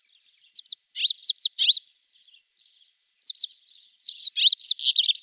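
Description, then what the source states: Pied wheatear song, short bursts of high looping whistled and scratchy notes, phrases separated by brief pauses with faint softer twitters between. Song; recorded by Peter Schulze.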